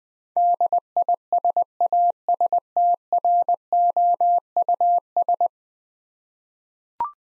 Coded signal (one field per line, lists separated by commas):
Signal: Morse code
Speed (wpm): 21 wpm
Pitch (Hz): 700 Hz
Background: none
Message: DISASTROUS